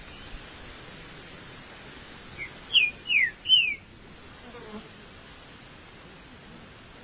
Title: Trinca Ferro